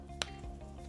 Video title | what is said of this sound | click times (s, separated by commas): WWE Ultimate Edition Charlotte Flair Figure Review | pops into place perfectly that's a good pop that's a good sign | 0.2 s